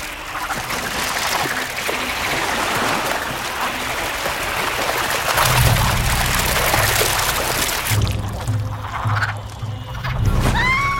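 A dense chorus of frogs croaking in overlapping, rapid pulses, with low throaty calls throbbing underneath and a few higher chirps near the end, steady and fairly loud throughout.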